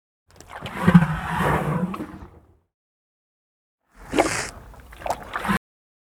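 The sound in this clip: African elephant making a rough, wet inhale with a low rumble, then after silence a shorter, broken breathy rush ending abruptly.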